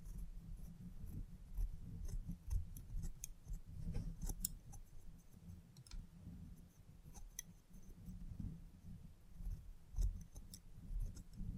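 Scissors snip in quick, irregular bursts during a salon haircut, sharp bright clicks scattered across the whole twelve seconds. Beneath them runs a steady low rumble and soft brushing near the head, with a denser flurry of cuts around the fourth second.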